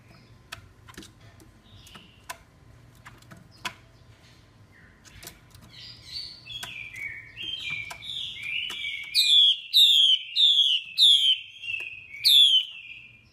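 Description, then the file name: Chinese hwamei song building from quiet clicks into warbled phrases, ending in a run of loud, clear falling whistles. Female hwamei calling, a sound used to stimulate male birds. "Tieng chim hoa mi mai kich trong"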